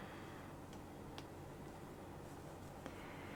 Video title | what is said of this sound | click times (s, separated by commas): Crochet Gingerbread Man Christmas Ornament Pattern | So just push it down over the stem of the eye until it clicks in place. | 1.2 s, 2.9 s